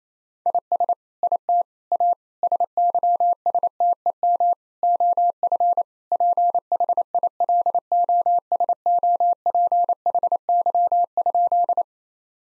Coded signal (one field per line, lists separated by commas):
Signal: Morse code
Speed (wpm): 28 wpm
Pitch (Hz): 700 Hz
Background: none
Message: IS IT A SYSTEM OF PHILOSOPHY?